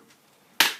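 The plastic LCD screen bezel of a Toshiba Satellite L750 laptop is pulled up along the top edge of the lid. At 0.6 s a plastic clip snaps free of its latch with a single sharp crack, then fades over about a quarter second. The bezel comes off, released.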